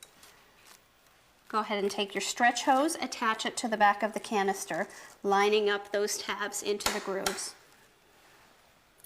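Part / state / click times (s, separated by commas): vacuum handle onto extension wand / seated / 0.0 s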